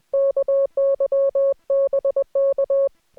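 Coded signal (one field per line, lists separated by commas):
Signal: Morse code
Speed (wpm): 21 wpm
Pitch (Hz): 550 Hz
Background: music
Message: KY BK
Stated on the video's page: Morse head-copy practice recorded during a Parks on the Air activation, with no talking or background noise.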